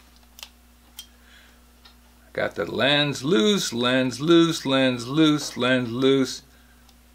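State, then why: Not seated. A few faint ticks near 0.4 s and 1.0 s come from the plastic lens head being turned on the body of a Melissa & Doug Giddy Buggy toy flashlight, then someone talks in a repetitive sing-song voice from about 2.4 s to 6.4 s. The lens has been loosened and has not yet twisted home or clicked into its locked position.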